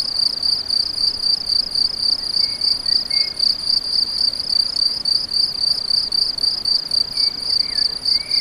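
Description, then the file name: Crickets give a continuous run of quick, high-pitched chirps at an even pace, a few faint birdlike notes mixed in. Several crickets; recorded on an MZ-N710; dated 7 05 14. "MZ-N 710 Grillons 7 05 14"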